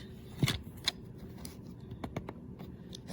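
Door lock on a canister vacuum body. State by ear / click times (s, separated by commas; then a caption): not seated / none. A plastic door lock on the body of an Oreck Commercial BB900DGR XL Pro 5 Super Compact Canister Vacuum is pushed closed, making a few brief plastic clacks near 0.5 s and 0.9 s and fainter ticks between 1.5 s and 3.0 s. The latch does not click into place and fails to stay locked.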